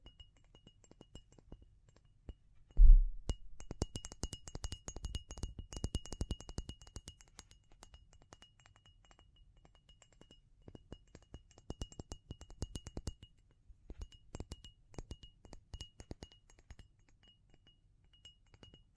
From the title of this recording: Tapping & Scratching